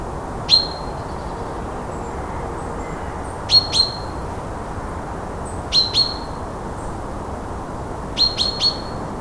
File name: Fringilla coelebs